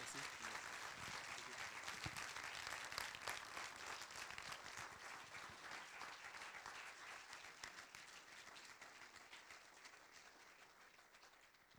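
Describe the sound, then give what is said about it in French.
Sustained audience applause for a performer who played instruments made that same day, a dense, steady wash of many hands clapping that holds fairly loud throughout and tapers only slightly toward the end, with no one speaking over it. “Je crois que ça mérite vraiment un tonnerre d'applaudissements.”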